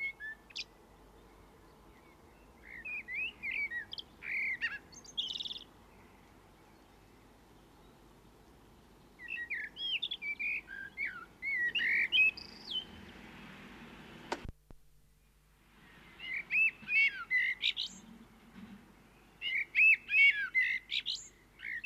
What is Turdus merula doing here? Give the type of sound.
song